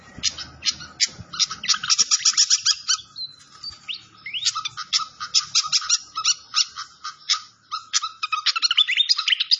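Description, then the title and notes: Malaysian pied fantail song of rapid repeated chirps and trills, with a few swooping whistles mixed in and a faint low rumble early on. Clear-voiced song on a masteran (training recording). "Masteran Sikatan Kipas Suara Jernih Dan Suara Gemericik Air. Suara Burung Sikatan Londo"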